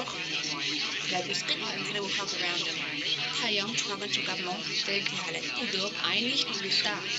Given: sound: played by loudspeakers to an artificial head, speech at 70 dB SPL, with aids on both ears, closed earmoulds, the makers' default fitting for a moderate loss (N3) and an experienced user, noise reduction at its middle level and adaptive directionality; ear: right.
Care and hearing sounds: speech test signal (ISTS) in cocktail-party noise; 0 dB; in front (0 degrees)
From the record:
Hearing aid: class 1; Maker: A

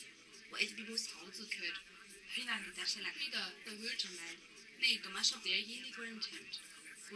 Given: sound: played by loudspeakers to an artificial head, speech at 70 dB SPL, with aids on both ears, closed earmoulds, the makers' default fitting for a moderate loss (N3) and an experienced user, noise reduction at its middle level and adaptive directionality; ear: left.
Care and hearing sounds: speech test signal (ISTS) in cocktail-party noise; +6 dB; on the right (90 degrees)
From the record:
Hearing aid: class 2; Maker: J

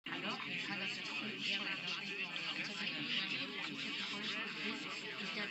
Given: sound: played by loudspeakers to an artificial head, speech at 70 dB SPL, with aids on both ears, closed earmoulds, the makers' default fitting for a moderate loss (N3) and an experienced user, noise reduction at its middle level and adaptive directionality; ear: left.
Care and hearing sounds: speech test signal (ISTS) in cocktail-party noise; -3 dB; on the right (90 degrees)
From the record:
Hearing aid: class 1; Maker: D

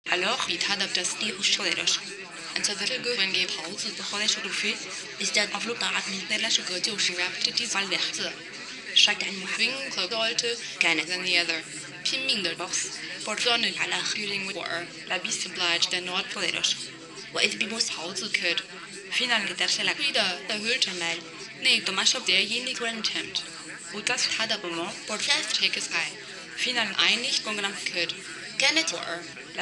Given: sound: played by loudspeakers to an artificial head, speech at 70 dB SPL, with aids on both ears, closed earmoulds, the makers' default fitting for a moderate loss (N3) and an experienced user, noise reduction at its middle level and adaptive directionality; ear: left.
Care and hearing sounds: speech test signal (ISTS) in cocktail-party noise; +3 dB; in front (0 degrees)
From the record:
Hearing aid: class 1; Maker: B

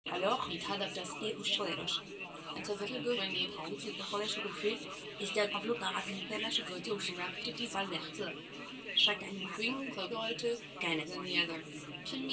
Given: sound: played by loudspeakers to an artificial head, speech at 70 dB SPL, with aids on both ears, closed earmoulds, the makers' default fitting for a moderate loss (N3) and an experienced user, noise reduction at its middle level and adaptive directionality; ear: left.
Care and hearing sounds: speech test signal (ISTS) in cocktail-party noise; +6 dB; on the right (90 degrees)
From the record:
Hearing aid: class 1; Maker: C

